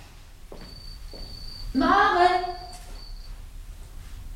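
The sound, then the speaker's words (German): A thin, steady high-pitched trill of house crickets chirping in a wash-house and by a stove runs for a few seconds while a voice calls out once, questioningly, over it; the chirping stays soft and even throughout. “Nur die Heimchen zirpten in der Waschküche und am Ofen.”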